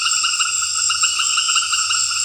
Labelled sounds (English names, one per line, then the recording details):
none
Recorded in dense forest near Puerto Asís, Putumayo, Colombia, on 8 March 2025 at 18:30
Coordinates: 0.484, -76.325
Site G045